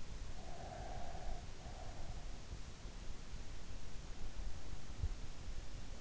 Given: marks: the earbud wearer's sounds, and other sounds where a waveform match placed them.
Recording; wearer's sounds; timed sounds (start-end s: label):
sounds in sleep by an in-ear microphone; breath
0.17-2.48 s: breath